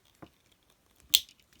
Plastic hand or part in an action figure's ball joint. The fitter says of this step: I think it's I was popping it out of the ball joint.